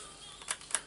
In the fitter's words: now we can hear the click click click click so it will be good